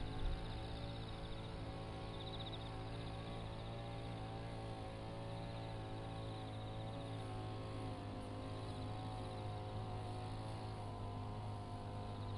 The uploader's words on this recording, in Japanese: 環境音 機械音あり サツマイモ畑の草刈り。サツマイモの畝間を行ったり来たり、ひたすら草刈り機で草刈りです。そして、夜も徐々に肌寒くなってきて、頑張っているのはひたすら相手を探す秋虫たちの鳴き声。